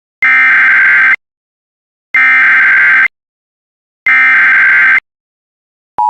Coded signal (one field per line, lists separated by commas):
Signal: Emergency Alert System (SAME) tones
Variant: header bursts